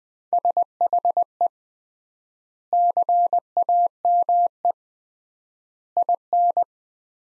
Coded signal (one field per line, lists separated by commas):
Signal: Morse code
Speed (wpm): 20 wpm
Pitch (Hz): 700 Hz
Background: none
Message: SHE CAME IN